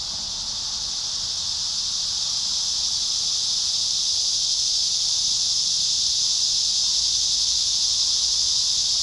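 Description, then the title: Cicadas in a dense chorus, a steady high electric hiss that holds without a break and swells slightly throughout. Cicadas at Trinity. "neoscenes: cicadas at Trinity"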